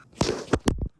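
A plastic gator clip on the door handle rail of a 2006-or-older Jeep is pushed by finger to try to seat it the last notch, giving a few short scraping and knocking sounds. The finger push fails, and nothing has seated or clicked yet, so long pliers are next.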